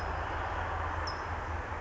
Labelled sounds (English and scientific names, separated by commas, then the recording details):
California Towhee (Melozone crissalis)
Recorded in Sonoma County, California